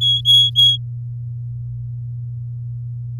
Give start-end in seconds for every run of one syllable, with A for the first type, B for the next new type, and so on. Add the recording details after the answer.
0.01-0.77 A. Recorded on 8 May 2018 at 12:07. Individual llb16